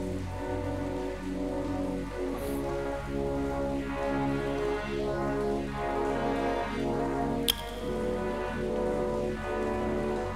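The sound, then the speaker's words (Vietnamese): Steady rain falls in a continuous, even hiss that holds at a moderate level throughout, with a slight swirling, phasing quality and a single sharp tick partway through. No voices. “Những cái hôm trời mưa đó mình thấy là mạng nó hơi lát.”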